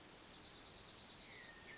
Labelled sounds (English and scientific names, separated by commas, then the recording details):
Dark-eyed Junco (Junco hyemalis)
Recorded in Sonoma County, California